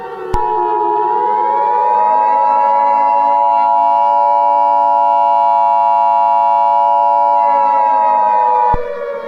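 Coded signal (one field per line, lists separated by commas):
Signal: Emergency Alert System (SAME) tones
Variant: 853 and 960 Hz attention tone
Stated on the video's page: Fictional EAS scenario.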